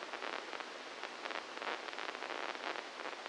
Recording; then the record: brain microelectrode recording played as sound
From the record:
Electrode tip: inside the subthalamic nucleus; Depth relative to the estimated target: -1 mm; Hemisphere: left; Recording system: NeuroSet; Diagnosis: Parkinson's disease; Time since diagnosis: 12 years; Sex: male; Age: 61 years